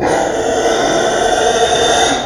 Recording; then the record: squeal of a Yucatan mini pig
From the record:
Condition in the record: before surgery on the right vocal fold (resection and tissue-engineered implant); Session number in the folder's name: 1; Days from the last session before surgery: -21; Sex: female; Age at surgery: 19 weeks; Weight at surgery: 25 kg